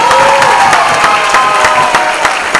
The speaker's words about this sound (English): So let's give them another round of applause.